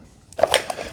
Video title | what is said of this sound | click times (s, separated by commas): Eufy X10 Pro Omni Maintenance - How to Keep It Running Like New! | like that and then you just snap that close | 0.4 s, 0.5 s